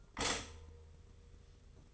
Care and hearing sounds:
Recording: daily activity, microphone in the room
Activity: stop toaster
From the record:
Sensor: 4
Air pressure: 991.5 hPa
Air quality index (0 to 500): 137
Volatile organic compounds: 55 ppm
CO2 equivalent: 3359 ppm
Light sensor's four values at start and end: 18/58/22/22 and 18/57/21/21

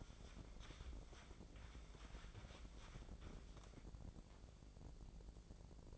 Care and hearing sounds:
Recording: daily activity, microphone in the room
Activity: wipe stove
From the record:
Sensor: 5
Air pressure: 1012.4 hPa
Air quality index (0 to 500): 156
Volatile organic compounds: 2 ppm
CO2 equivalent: 1064 ppm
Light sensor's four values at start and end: 183/437/188/216 and 182/433/186/214

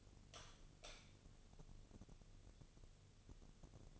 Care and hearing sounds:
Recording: daily activity, microphone in the room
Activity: light on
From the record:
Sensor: 4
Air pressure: 1000.8 hPa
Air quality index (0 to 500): 125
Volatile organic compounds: 1 ppm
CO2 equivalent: 939 ppm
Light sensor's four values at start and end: 35/85/36/39 and 38/96/39/43

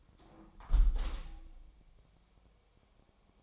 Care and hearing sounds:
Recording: daily activity, microphone in the room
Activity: close window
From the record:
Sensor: 1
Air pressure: 1014.9 hPa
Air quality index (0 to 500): 25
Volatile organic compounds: 0 ppm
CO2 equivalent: 504 ppm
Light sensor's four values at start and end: 11/26/10/11 and 11/26/10/11

